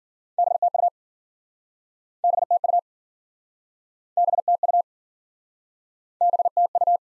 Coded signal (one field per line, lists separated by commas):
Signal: Morse code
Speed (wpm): 52 wpm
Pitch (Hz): 700 Hz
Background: none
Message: BTU BTU BTU BTU